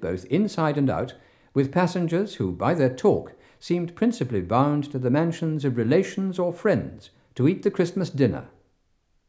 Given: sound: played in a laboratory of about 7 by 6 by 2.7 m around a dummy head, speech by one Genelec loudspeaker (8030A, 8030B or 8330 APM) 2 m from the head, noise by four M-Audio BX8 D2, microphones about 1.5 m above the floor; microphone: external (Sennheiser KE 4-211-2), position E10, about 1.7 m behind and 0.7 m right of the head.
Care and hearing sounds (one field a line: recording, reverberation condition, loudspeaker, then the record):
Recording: male speech in English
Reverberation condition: medium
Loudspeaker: 150 degrees to the right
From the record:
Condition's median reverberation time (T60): about 510 ms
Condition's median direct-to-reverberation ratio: about -0.5 dB